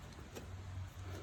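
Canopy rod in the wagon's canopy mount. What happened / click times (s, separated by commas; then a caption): The rod is being slid and positioned but has not clicked into place / none. A replacement canopy rod is slid through the canopy fitting of a WonderFold X Series wagon while feeling for the mounting hole. A steady low hum runs throughout, with a faint brief tap near 0.4 s. Nothing has seated or clicked into the hole yet.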